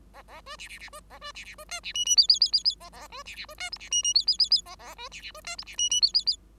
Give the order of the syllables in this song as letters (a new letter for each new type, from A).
A A B C C C B A B C C B D C E E F F F F F A A B C C B D G C E E F F F F A A B C C B D G C E E F F F